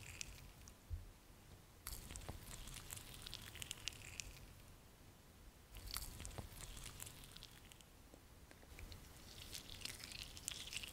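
A spa facial and scalp massage with soft crunching and squishing sounds, like fingers rubbing through hair and over skin. Bursts of brighter rustling come in clusters, notably around 2–4, 6–7 and 9–11 seconds, over a low, uneven rumble.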